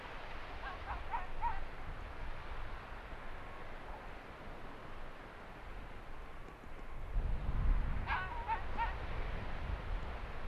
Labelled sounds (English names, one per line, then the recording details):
Arctic Fox
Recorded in the wild
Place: Insel Mednyi, Kommandeur-Inseln, RU
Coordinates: 54.5167, 168.083
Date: 1999-07-18 17:29
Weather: leichter Nebel, 7°C, mäßiger Ostwind
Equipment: Sony WM-D6C, Sennheiser ME 80, K 30 AV, Windkorb, Kopie Tascam DA 30
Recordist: Jakupi, Antje